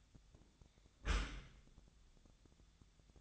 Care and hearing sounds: daily activity, microphone in the room; close dishwasher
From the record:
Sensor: 3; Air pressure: 1004.6 hPa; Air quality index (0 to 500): 105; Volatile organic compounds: 4 ppm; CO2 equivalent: 1653 ppm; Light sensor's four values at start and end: 7/17/7/6 and 7/17/7/6

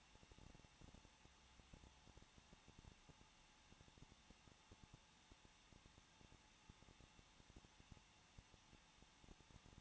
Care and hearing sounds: daily activity, microphone in the room; no activity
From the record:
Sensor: 1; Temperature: 20.0 degrees Celsius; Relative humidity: 39.4%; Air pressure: 1006.4 hPa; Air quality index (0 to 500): 219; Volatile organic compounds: 82 ppm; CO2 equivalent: 3623 ppm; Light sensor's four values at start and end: 1/2/1/1 and 1/2/1/1

